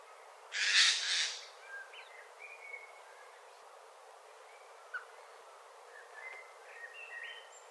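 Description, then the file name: Eurasian jay, one harsh doubled screech near the start, then faint high whistles and chirps from other birds. "Garrulus glandarius"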